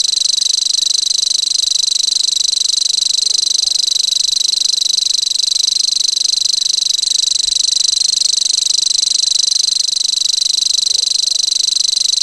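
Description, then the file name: Common grasshopper warbler delivering its sustained reel, a fast, sibilant, cricket-like trill running without a break for over twelve seconds at an unchanging high pitch. "grasshopper warbler omkicau"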